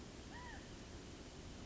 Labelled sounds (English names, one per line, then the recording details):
California Quail
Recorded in Sonoma County, California